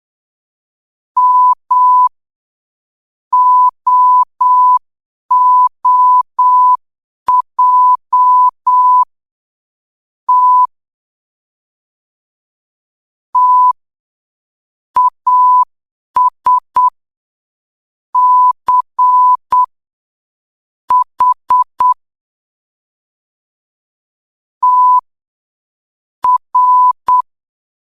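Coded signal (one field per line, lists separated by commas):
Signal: Morse code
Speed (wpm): 8 wpm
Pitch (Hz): 1000 Hz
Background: none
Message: M OOJ T T AS C H T R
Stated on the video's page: Beginner Morse code training drill, Level 2.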